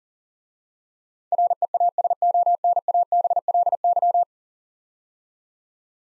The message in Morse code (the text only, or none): REASONABLY